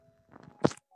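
A low rustle, then one short, sharp cough burst lasting about a tenth of a second in a quiet room, from an adult woman sitting on a bed. It is a single voluntary cough to clear a slightly itchy throat, not a sign of illness.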